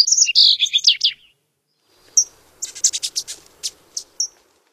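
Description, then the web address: Fox sparrow singing a brief, rich phrase of clear whistled and slurred notes, followed by scattered sharp chips and clicks after a pause. North America. "Songs of Birds of North America Stokes. Fox Sparrow"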